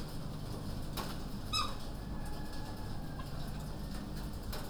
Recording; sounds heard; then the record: poultry house recording; sick chickens (respiratory disease)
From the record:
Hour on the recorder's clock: 20